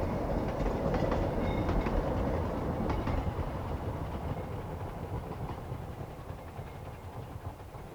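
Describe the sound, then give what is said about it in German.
A locomotive rumbles steadily along the rails as it comes back through an abandoned railway station, a loud, continuous low roar with faint metallic clatter on top, easing off slightly toward the end. No one speaks. “Ja, als wenn die mit ihrer Scheißlokomotive was zu sagen hätten.”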